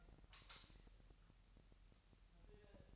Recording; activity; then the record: daily activity, microphone in the room; light off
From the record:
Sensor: 3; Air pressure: 1001.9 hPa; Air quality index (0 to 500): 249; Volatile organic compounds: 51 ppm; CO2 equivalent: 3312 ppm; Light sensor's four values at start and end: 12/33/13/12 and 6/13/5/5